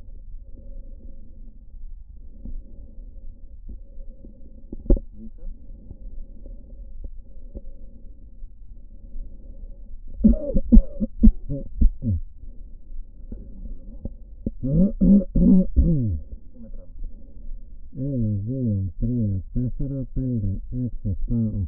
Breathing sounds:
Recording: lung sounds by stethoscope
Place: right anterior apical chest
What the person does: quiet breathing, then cough and speech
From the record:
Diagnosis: none (healthy)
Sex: male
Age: 60 years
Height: 190 cm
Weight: 150 kg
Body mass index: 41.6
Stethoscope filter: diaphragm mode

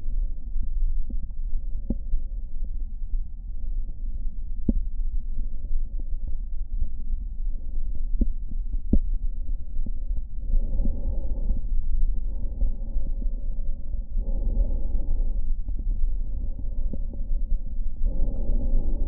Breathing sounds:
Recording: lung sounds by stethoscope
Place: right anterior apical chest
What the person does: quiet breathing, then deep breathing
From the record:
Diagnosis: asthma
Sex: female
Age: 74 years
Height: 155 cm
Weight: 63 kg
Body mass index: 26.2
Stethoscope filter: diaphragm mode

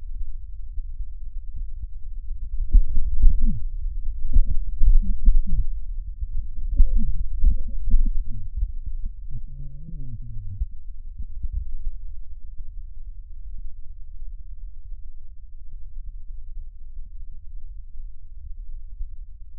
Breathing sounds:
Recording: lung sounds by stethoscope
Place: right posterior basal chest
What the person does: quiet breathing, then cough and speech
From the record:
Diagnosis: COPD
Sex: male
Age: 78 years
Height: 162 cm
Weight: 66.4 kg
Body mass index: 25.3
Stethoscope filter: bell mode

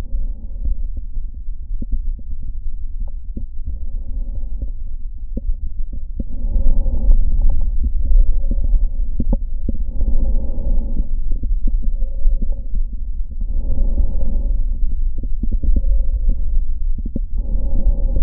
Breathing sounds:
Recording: lung sounds by stethoscope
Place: right anterior apical chest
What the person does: quiet breathing, then deep breathing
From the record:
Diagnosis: interstitial lung disease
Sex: male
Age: 75 years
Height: 167 cm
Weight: 68 kg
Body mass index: 24.4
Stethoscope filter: diaphragm mode

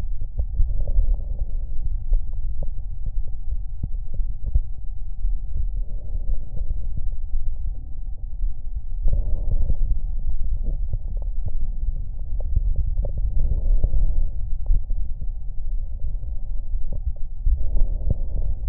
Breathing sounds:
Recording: lung sounds by stethoscope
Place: left anterior apical chest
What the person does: quiet breathing, then deep breathing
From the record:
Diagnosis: COPD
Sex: female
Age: 65 years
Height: 156 cm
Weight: 63.9 kg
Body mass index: 26.3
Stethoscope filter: extended mode

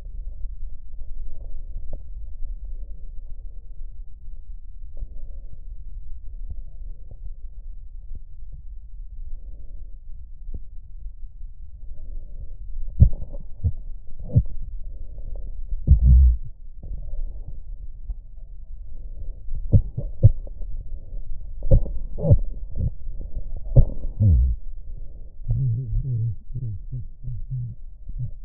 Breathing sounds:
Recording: lung sounds by stethoscope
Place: left posterior apical chest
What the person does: quiet breathing, then cough and speech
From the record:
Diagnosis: pulmonary infection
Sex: male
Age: 69 years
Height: 184 cm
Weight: 115 kg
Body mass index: 34.0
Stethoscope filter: extended mode

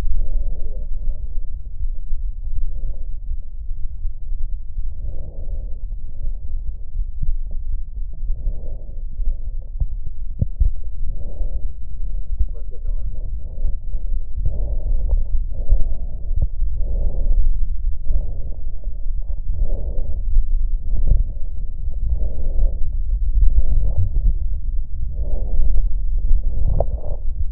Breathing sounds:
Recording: lung sounds by stethoscope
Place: left posterior apical chest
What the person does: quiet breathing, then deep breathing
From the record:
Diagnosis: COPD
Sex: female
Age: 80 years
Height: 160 cm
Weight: 62 kg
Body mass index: 24.2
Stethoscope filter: extended mode

